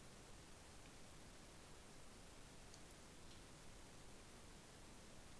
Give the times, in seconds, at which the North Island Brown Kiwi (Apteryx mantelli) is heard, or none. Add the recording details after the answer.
none. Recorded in New Zealand on 18 December 2013. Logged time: 22:59. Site CJ71